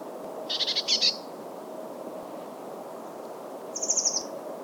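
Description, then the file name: Eurasian blue tit calls: two quick bursts of high, rapidly repeated notes near the start, then a shorter, higher, fast trill about three seconds later, over a steady low hum. "Cyanistes caeruleus"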